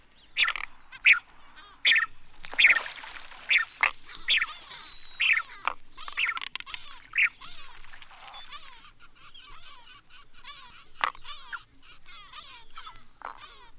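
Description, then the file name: Steamer duck calling, harsh broad bursts repeated about once a second, mixed with thin high whistles and curving wheezy notes. "Ian J. Strange - Steamer Ducks"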